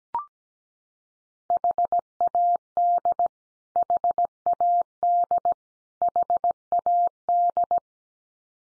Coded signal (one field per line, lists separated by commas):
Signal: Morse code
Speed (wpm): 17 wpm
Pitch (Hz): 700 Hz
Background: none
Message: HAD HAD HAD